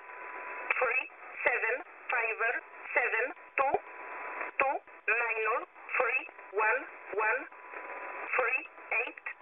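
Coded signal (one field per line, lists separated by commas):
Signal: numbers station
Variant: E11, English-language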